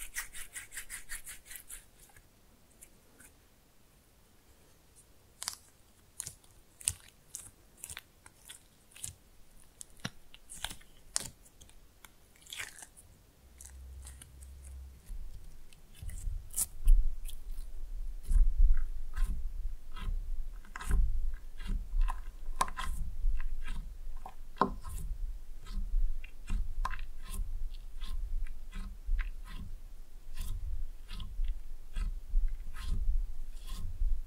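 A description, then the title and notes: Slime being played with: irregular sticky clicks and squelches throughout, joined after fifteen seconds by a steady low rumble and denser, louder squishing. ASMR Fun with Slime No Talking.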